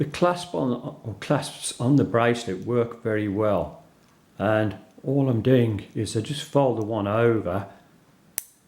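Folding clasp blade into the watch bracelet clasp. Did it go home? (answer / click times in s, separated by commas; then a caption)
yes / 8.4 s. Someone talks while folding one half of the metal deployant clasp over on the bracelet of a Starking fully automatic watch and pressing it shut. A single sharp metallic click at 8.4 seconds marks the clasp blade seating into place.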